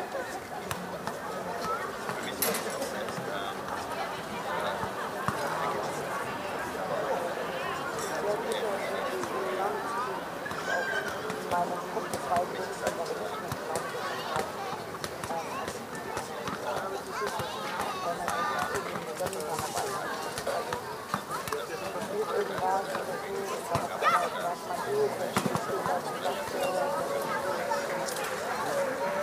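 Children play at a playground on a summer evening, a steady dense wash of overlapping voices and chatter with occasional sharp clicks and shouts.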